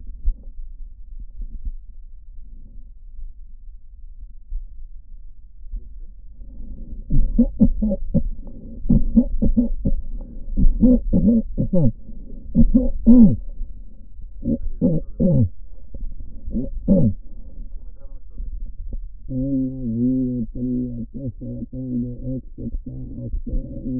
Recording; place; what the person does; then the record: lung sounds by stethoscope; left posterior apical chest; quiet breathing, then cough and speech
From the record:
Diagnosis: pulmonary infection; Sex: male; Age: 86 years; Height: 165 cm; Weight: 65 kg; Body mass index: 23.9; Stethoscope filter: diaphragm mode